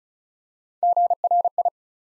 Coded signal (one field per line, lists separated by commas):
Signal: Morse code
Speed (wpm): 36 wpm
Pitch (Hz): 700 Hz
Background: none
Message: GRI